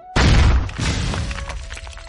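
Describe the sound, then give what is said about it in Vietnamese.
A sudden loud blast hits, then a second burst follows moments later, both trailing into a low, crackling rumble that slowly fades out, with no voices. “Tiếng nổ liên tiếp truyền đến, mấy cột sáng này vừa đến bên yêu thú, liền bị đám sương màu đen nhàn nhạt trên người yêu thú sinh ra cản lại, phát ra những tiếng nổ kịch liệt.”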